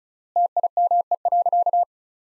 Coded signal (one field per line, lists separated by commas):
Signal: Morse code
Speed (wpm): 36 wpm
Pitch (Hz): 700 Hz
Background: none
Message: TIME.